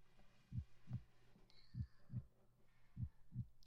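A teacher's heartbeat: calm, regular lub-dub pairs, slow at about 50 beats per minute.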